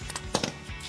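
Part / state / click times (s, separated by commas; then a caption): torque wrench on bumper mounting bolts / torque reached / 0.1 s. A torque wrench set to 70 ft-lb tightens the mounting bolts of an OEM-style rear bumper on the frame of a 2015-2020 F-150 truck. A sharp click at 0.1 s marks the wrench reaching its setting, followed by two softer hits at about 0.4 s.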